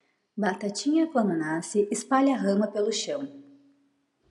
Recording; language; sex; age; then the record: short text; Brazilian Portuguese; female; 30 to 39 years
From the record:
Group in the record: control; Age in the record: 31 years